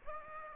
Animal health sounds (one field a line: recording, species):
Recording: mosquito wingbeat signal from an infrared sensor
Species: Aedes aegypti